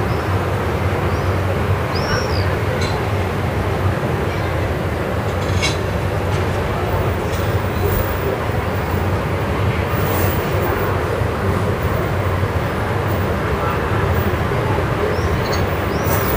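Evening street sound on via della Moscova in Milan, a thick, steady rumble of traffic that never lets up. A rail vehicle, likely a tram, may be passing in the low roar. Short high chirps or squeaks appear near the start and again near the end.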